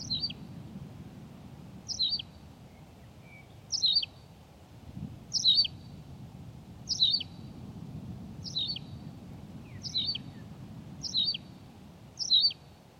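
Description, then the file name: Tawny pipit song: a short, high, chirped two-note phrase repeated steadily about every one and a half seconds, nine times, over a low background rumble. "Pipit rousseline Anthus campestris"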